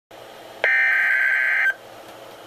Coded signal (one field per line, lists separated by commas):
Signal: Emergency Alert System (SAME) tones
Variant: header bursts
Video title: EAS #648: Severe Thunderstorm Warning (5/11/2013)